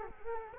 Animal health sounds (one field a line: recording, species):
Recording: mosquito wingbeat signal from an infrared sensor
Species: Culex quinquefasciatus